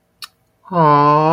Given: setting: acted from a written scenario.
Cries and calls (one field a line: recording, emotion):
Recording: vocal sound without words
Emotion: adoration